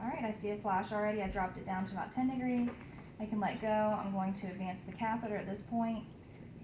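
A woman talks steadily while an IV catheter is inserted and the plastic catheter is advanced into the vein, ahead of pulling the introducer needle back into its safety shield. No click is heard, and the safety needle has not locked into its shield yet.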